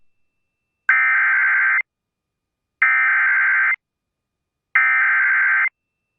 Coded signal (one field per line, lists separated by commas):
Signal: Emergency Alert System (SAME) tones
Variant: header bursts